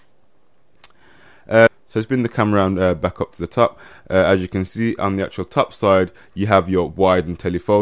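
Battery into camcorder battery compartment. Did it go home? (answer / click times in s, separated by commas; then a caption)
yes / 0.8 s. The battery of a Hitachi C22 camcorder (DZHV592ER model), which had popped up on its release button, is pushed back down into its compartment. It latches with a single sharp click at 0.8 s, and the battery is seated. Someone then talks.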